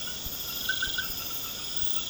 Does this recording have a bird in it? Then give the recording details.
no. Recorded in pastures near Puerto Asís, Putumayo, Colombia, on 24 March 2025 at 22:00. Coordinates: 0.472, -76.329. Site G074